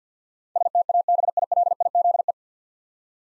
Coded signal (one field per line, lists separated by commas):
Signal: Morse code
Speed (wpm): 50 wpm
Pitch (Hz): 700 Hz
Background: none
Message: STABILIZE